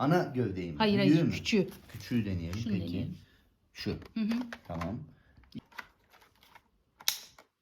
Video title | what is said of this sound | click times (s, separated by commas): Bosch Pro Animal SERİE 6 DİK SÜPÜRGE / Kutudan Çıkıyor | Ve tık diye zaten oturuyor çok hemen. | 7.1 s